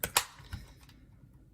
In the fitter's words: So there you just click on, you can hear.